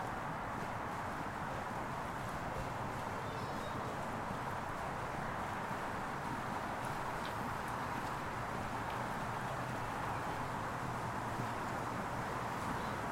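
Outside a hotel, a dense, steady wash of traffic and splashing water fills the scene, mostly low to mid-range with little change in level. Faint voices and light chirping insects sit underneath, with a few brief bright clicks scattered through the middle.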